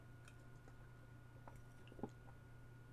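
Someone takes a quiet sip of water: soft wet mouth clicks and smacks, then a single gulp-like swallow near the end, with no talking over a low steady hum.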